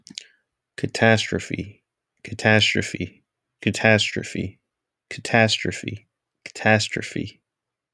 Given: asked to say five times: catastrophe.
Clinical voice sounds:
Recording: repeated word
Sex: male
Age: 20 to 29 years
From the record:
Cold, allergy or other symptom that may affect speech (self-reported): no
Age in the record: 28 years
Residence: California, United States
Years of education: 16

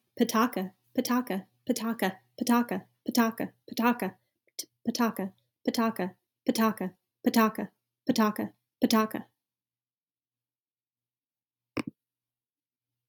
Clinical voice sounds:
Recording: repeated syllables /pa ta ka/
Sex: female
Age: 30 to 39 years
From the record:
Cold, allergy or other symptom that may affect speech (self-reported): no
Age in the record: 30 years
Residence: Georgia, United States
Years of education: 18

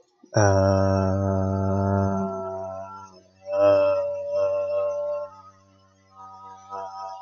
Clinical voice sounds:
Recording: vowel held as long as possible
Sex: male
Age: 20 to 29 years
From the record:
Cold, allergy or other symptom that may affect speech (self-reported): no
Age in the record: 23 years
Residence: New York, United States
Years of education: 16

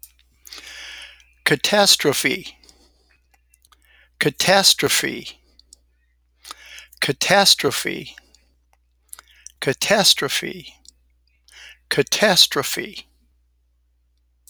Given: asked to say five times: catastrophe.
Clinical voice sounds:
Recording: repeated word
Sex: male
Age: 60 to 69 years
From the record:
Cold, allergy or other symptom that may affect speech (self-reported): no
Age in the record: 66 years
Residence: Alabama, United States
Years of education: 19

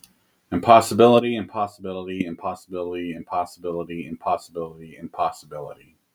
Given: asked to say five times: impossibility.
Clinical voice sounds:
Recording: repeated word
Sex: male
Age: 30 to 39 years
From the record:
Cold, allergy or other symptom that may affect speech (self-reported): no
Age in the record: 36 years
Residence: California, United States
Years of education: 16

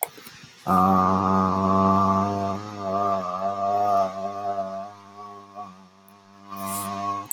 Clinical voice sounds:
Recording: vowel held as long as possible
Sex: male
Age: 20 to 29 years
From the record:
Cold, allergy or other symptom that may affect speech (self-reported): no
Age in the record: 27 years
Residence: Rhode Island, United States

